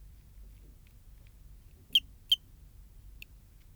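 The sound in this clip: Eugrylloides pipiens cricket giving a close pair of shrill chirps, then a fainter third one, against a low steady hum.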